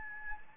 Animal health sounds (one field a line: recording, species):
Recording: mosquito wingbeat signal from an infrared sensor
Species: Anopheles gambiae